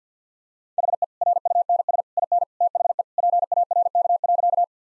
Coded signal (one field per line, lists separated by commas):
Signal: Morse code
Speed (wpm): 50 wpm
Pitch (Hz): 700 Hz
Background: none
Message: HE RUNS IN THE PARK.